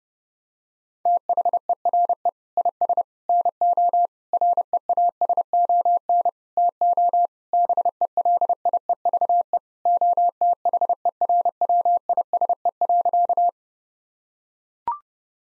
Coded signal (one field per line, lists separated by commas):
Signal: Morse code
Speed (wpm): 30 wpm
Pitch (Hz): 700 Hz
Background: none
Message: THERE IS NO REASON TO BELIEVE OTHERWISE.